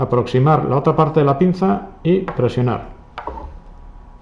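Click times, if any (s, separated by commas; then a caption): none. Someone talks while handling a female embossing die and the jaw of an embossing seal plier, bringing the other jaw of the plier toward the die to press it on. Two short, sharp knocks are heard at about 3.2 s and 3.3 s after the talking fades. The clip ends before the part goes home, and nothing has seated yet.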